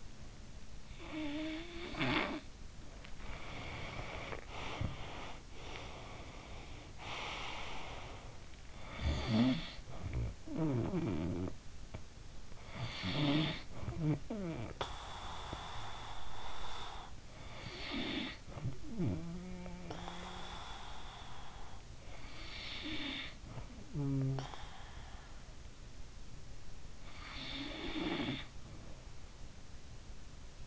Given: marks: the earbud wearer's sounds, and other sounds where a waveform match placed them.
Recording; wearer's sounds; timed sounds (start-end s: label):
sounds in sleep by an in-ear microphone; snoring breath, breath
0.34-2.96 s: snoring breath
2.96-8.63 s: breath
8.63-14.91 s: snoring breath
14.91-17.42 s: breath
17.42-25.21 s: snoring breath
26.58-28.98 s: snoring breath